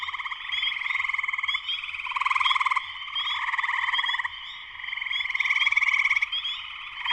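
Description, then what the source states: Massed spring peepers, shrill steady peeping mixed with buzzy trilling pulses that rise and fall in overlapping waves. Spring peepers in full chorus shortly after sunset, Sleeping Bear Dunes National Lakeshore, northern Michigan, USA.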